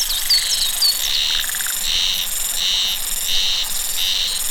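Cicada song in loud, repeated buzzy blocks, with a few sliding chirps and one short pulsed trill early on.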